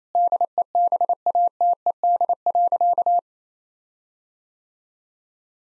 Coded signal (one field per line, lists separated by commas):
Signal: Morse code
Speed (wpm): 28 wpm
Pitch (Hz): 700 Hz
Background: none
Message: DEBATED.